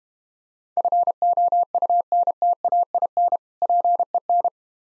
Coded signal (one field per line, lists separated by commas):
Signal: Morse code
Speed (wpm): 31 wpm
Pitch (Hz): 700 Hz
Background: none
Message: FOUNTAIN PEN